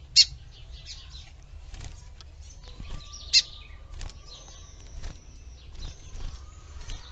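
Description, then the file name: Lined seedeater song: quiet high twittered phrases with thin whistled strands, punctuated by two loud sharp clicks; steady low hum throughout. "canto do bigodinho"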